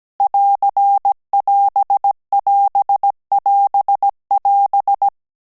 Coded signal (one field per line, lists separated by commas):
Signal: Morse code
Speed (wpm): 17 wpm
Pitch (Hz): 800 Hz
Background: none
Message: <AR><AS><AS><AS><AS>